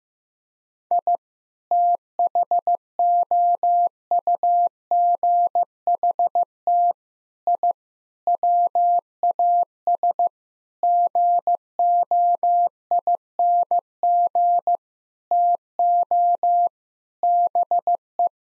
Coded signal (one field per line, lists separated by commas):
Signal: Morse code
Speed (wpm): 15 wpm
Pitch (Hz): 700 Hz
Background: none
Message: I THOUGHT I WAS GOING TO BE